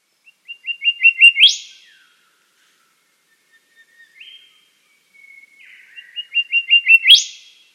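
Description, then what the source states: Western Whistler call: a quick run of short notes ending in a sharp upswept whip, a quieter note between, then the phrase repeated. Recorded by Mark Anderson at Dryandra Woodland National Park, Western Australia; call similar to the Golden Whistler's.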